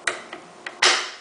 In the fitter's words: groove and pop into place like so